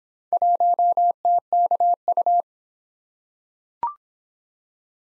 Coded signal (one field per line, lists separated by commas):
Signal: Morse code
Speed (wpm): 25 wpm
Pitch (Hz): 700 Hz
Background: none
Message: 1TKU